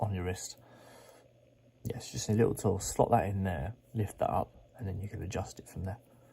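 Someone talks while handling the adjustment locking plate on a watch strap clasp, slotting in a small tool to lift the plate so the strap can be resized. The plate's clicking-down mechanism is described in contrast to older ones that just slide back into place. Nothing has seated or clicked yet.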